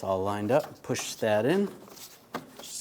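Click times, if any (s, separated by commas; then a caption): 2.3 s. Someone talks while a new plastic front grille is lined up on a 2004–2009 Toyota Prius and pushed into the car's front end. At 2.4 s its retaining clip snaps into place with a short, sharp click, and the grille is seated.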